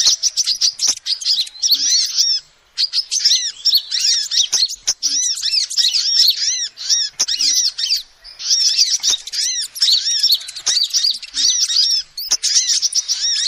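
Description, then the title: Lovebird chattering: a dense stream of shrill squeaky chirps and arched high notes, with brief pauses and sharp clicks scattered throughout. Recording used as a lure to trap birds. "PIKAT BURUNG LOVEBIRD"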